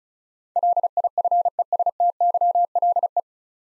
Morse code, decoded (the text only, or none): LIFESTYLE